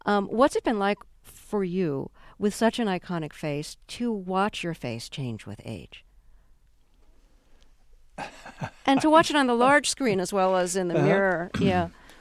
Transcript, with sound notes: What's it been like for you with such an iconic face to watch your face change with age. (Soundbite of Clint Eastwood laughing) And to watch it on the large screen, as well as on the mirror, yeah?